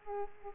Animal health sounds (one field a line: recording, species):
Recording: mosquito wingbeat signal from an infrared sensor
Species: Aedes aegypti